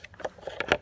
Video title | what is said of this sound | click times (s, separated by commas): How to fix up and old snow blower MTD Yardworks with Tecumseh | You put it in, and then you rotate it until it clicks in place here. | 0.6 s, 0.7 s